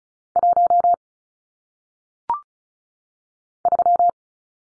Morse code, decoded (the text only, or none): 1 3